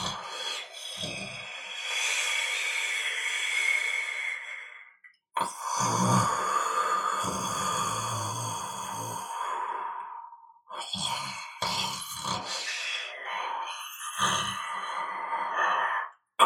People snoring.